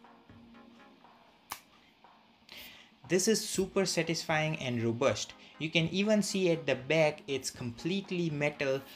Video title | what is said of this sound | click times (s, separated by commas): First Folding Phone! | super satisfying click you get every single time you close and open it up here | 1.5 s